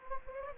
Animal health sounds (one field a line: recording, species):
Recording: mosquito wingbeat signal from an infrared sensor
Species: Anopheles gambiae